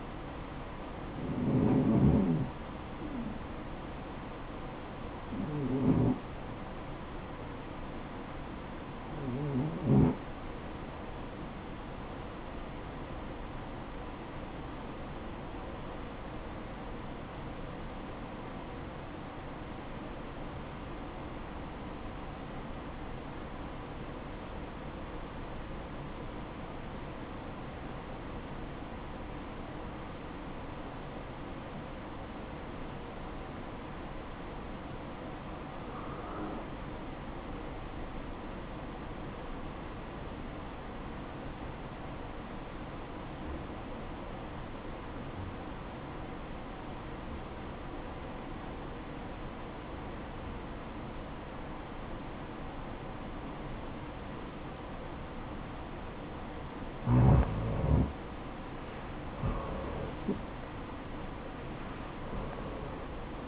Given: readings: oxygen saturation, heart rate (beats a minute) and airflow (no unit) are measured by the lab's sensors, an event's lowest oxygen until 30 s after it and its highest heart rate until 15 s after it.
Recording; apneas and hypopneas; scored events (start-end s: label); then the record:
breathing in sleep by a voice recorder at the bedside; 1
17.00-57.80 s: obstructive apnea (REM, oxygen 96% highest, then 80% lowest, heart rate 63 at the start, 80 highest)
From the record:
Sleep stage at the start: REM sleep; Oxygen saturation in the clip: 82 to 96%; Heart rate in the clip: 60 to 80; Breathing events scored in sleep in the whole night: 573 in 9.8 hours asleep